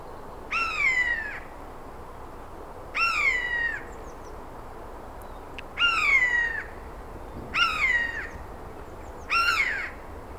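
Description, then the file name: Eurasian jay repeating a clear, harmonic mewing call five times, each note sliding gently downward, with short gaps between them against a quiet hissing background. "Garrulus glandarius"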